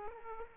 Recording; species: mosquito wingbeat signal from an infrared sensor; Aedes aegypti